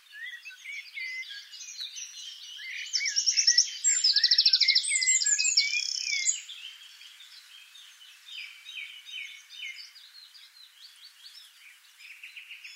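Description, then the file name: Eurasian wren song, a strong, rapid, buzzy trill of about three seconds rising out of a dense background of chirping birds, with a short trill again at the close. "Troglodytes troglodytes"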